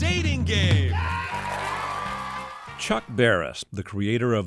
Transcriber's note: applause